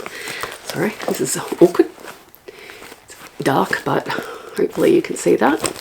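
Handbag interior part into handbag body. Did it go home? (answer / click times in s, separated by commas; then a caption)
no / none. A person handles an internal part of a luxury handbag, showing the bag's inner pockets, while someone talks. Soft crinkling and light handling taps are heard between the speech. The handbag interior part has not yet snapped back into the handbag body, and nothing has seated or clicked yet.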